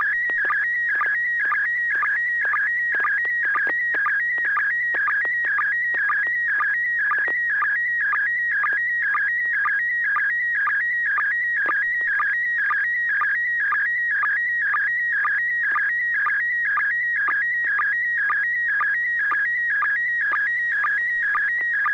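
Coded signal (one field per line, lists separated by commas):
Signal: SSTV (slow-scan television)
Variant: PD120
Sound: warbling, chirping tone with a steady ticking sync about twice a second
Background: low hum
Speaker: well this is going to be pd 120 and should be coming up fairly quickly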